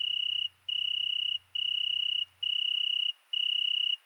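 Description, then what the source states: Italian tree cricket singing a pure, steady trill in long notes of under a second, separated by short gaps; a faint low hum underneath early on. Singing at night, 22:30 on 13 August 2020, in the Virginia creeper under a window, present for two nights; recorded on a Nagra recorder with cardioid microphone.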